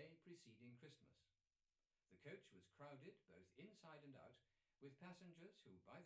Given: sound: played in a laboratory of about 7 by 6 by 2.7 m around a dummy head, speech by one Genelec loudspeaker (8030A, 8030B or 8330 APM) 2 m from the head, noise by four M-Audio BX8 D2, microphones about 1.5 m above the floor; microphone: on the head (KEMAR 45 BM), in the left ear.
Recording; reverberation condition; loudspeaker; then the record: male speech in English; low; 60 degrees to the right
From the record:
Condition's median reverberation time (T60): about 310 ms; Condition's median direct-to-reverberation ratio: about 3.5 dB